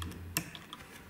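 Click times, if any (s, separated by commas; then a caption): 0.4 s. A metal catch spring is slid counterclockwise on a Heckler & Koch G11 rifle action until it clicks into place at 0.4 s, a sharp metallic click. Fainter small ticks come just before and after it, and the spring is seated.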